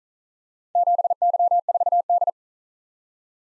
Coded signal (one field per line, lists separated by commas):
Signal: Morse code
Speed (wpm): 43 wpm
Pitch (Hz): 700 Hz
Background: none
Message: 7Y4D